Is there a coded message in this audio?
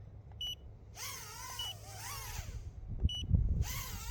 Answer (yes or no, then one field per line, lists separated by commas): no